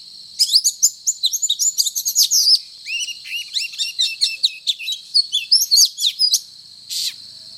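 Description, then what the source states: Oriental magpie-robin giving a fast, continuous series of high chirps and slurred whistles, then after a short pause one final note. Called kacer; described as gacor, meaning singing energetically and incessantly.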